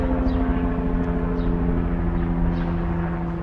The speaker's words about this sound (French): They're all taking B-roll, I hear, these helicopters. Les hélicoptères font des rotations, est-ce que j'ai compris? Ils déposent des gens à leur travail.